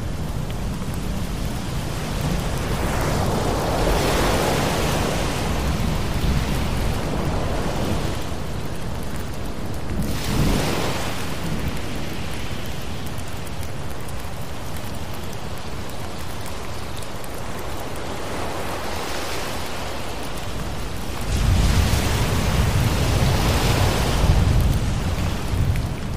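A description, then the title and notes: Steady, dense rain hiss fills the whole stretch, with deep low rumbling underneath that swells around 4, 10 and again from about 21 seconds to the end. These surges rise and ease like distant thunder or waves rolling in, and the last one is loudest. Thunderstorm Rain Sounds With Ocean Waves.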